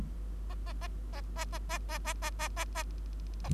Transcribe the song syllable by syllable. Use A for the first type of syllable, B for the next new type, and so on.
A A A A A A A A A A A A A A